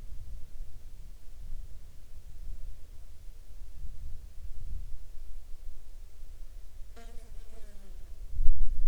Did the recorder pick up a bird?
no